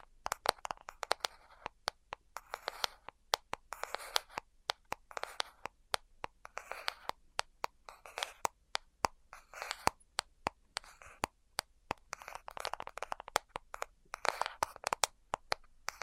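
Quick, sharp taps land irregularly throughout, some isolated and some in rapid bursts, with sharp clicks cutting through the whole range. Between them, soft brushing or rustling swells come and go in the middle and upper range, roughly every second or two.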